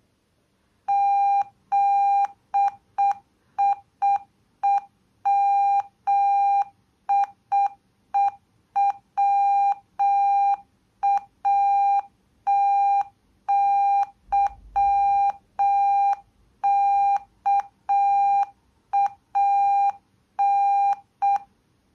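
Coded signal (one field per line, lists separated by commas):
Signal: Morse code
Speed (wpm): 6 wpm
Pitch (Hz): 800 Hz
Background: none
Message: ZIEMIE WATYKAN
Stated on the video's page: Morse code sent by software.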